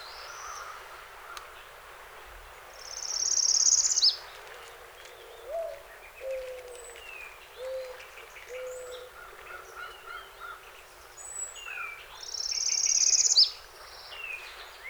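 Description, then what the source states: Northern parula song, a high rising buzzy trill ending with a sharp snap, given twice about nine seconds apart, while other birds whistle lower notes. Recorded 7 June 2018.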